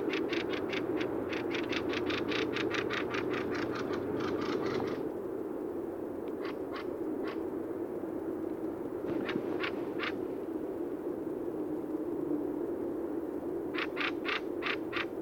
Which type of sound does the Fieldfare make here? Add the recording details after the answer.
call. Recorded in the wild. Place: Irkutsk, RU. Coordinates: 52.252, 104.546. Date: 1979-06-11 17:50. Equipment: Nagra III BH, Sennheiser MD 21, parabola. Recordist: Schubert, Michael